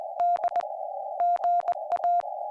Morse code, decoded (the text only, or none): D GA